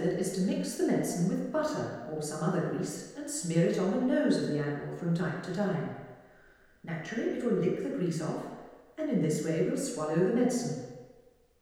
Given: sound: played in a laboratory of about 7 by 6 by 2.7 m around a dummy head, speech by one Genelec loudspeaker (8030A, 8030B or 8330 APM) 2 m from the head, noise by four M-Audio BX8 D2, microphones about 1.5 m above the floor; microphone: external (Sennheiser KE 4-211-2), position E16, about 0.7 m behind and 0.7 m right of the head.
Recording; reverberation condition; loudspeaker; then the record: female speech in English; high; 60 degrees to the right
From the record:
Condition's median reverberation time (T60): about 1300 ms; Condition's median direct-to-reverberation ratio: about -4.0 dB